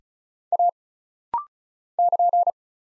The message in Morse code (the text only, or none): A <KN>